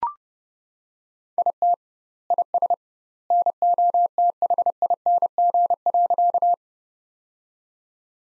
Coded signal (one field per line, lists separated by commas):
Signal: Morse code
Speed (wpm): 32 wpm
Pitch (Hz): 700 Hz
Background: none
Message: IT IS NOTHING.